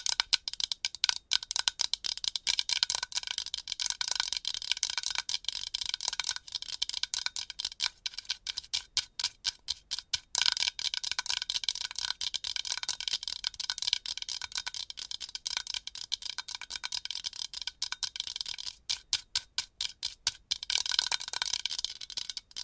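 Fast, aggressive tapping and scratching with nails on different items, a dense run of sharp, bright clicks and scrapes that barely pauses. Bursts come in rapid flurries, with brief gaps near ten and nineteen seconds before the rattling taps resume.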